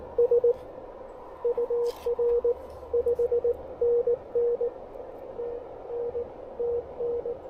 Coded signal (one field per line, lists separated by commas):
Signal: Morse code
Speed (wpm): 19 wpm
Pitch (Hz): 480 Hz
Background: radio noise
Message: S UR 5NN TN TN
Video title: Three Watts and a Wire: Seizing a Last-Minute POTA Opportunity with the Elecraft KX1!